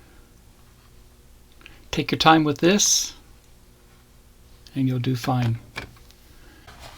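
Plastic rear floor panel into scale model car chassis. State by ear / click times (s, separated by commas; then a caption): seated / 5.8 s. A plastic rear floor panel is pressed up from underneath into the chassis of a 1:6 scale Shelby Mustang GT500 model car. Someone talks, then a sharp click at 5.8 s marks the panel snapping into place. The panel is seated.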